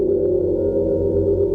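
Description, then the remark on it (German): A gong stroke marking the start of a Radio Bremen crime radio play: a deep, sustained metallic hum, its layered low tones ringing steadily and loudly for the whole moment, with no voices present. “Mein Name ist Bastian Pastewka und beim Gongschlag geht es los.”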